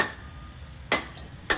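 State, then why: Torque reached. A torque wrench tightens the blade bolt on a Craftsman T110 riding mower deck and clicks at its set value at 0.9 s and again at 1.5 s as the check is repeated. Each click is a sharp, bright snap over a quiet background, confirming the bolt has reached the set torque, and only one click is needed.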